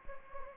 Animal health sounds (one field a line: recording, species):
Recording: mosquito wingbeat signal from an infrared sensor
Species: Anopheles gambiae